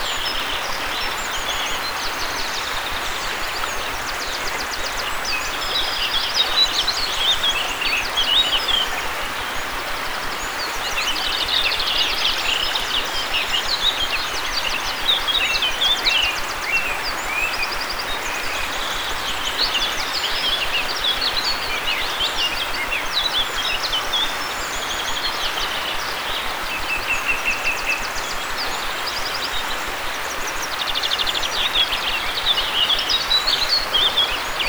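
Outdoor nature ambience from the Czech countryside, with a dense, steady layer of bright chirping and twittering that carries on throughout, swelling slightly at times. Beneath it sits a soft, even hiss like rustling leaves or wind, with little low sound.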